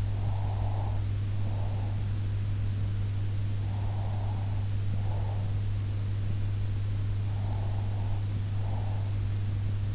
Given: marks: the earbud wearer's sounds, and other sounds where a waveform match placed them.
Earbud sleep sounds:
sounds in sleep by an in-ear microphone; breath
0.00-1.99 s: breath
3.45-5.65 s: breath
7.22-9.17 s: breath

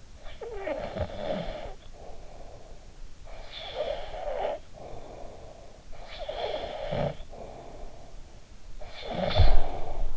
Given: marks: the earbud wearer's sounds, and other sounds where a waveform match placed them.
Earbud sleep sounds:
sounds in sleep by an in-ear microphone; snoring breath
0.00-10.17 s: snoring breath

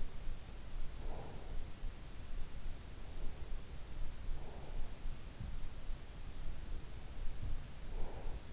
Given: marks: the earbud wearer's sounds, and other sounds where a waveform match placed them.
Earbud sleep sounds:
sounds in sleep by an in-ear microphone; breath
1.01-1.68 s: breath
4.29-5.02 s: breath
7.42-8.53 s: breath

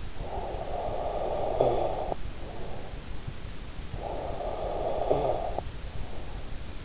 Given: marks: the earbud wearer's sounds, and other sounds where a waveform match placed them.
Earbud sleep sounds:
sounds in sleep by an in-ear microphone; snoring breath
0.00-3.12 s: snoring breath
3.80-6.79 s: snoring breath

